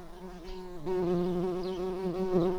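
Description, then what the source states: Tree bumblebee buzzing, a steady low hum with strong harmonics that grows louder and steadier after the first second, wavering slightly in pitch. Worker bees.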